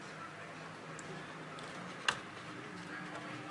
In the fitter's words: tekan sampai ada bunyi klik gitu